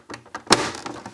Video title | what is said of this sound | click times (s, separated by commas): PlayStation 5 Fan replacement - how to stop over heating on the PS5 Disc and Digital Edition in 2022 | then you just push it this way to click it back in place so you give it a push and listen for the click | 0.5 s